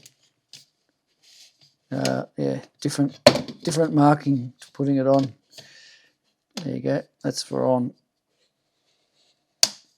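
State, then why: Seated. A third-party plastic lens hood is twisted onto the bayonet mount of a Canon RF 600mm F11 telephoto lens while someone talks. A sharp, loud click at 9.6 s marks the hood locking into place, seated and fitting firmly.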